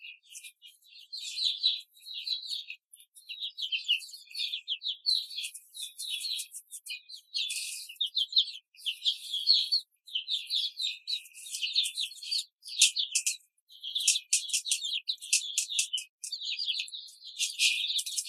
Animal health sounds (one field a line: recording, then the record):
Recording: young laying hens in a cage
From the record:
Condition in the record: control cage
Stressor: none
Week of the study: 5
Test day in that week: 1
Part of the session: 1